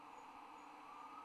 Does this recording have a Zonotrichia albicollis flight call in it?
no